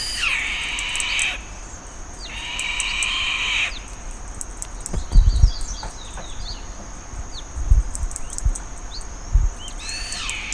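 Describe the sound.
Bird with two rough, breathy screeches early on, then soft thuds and faint chirps, and another screech beginning at the very end.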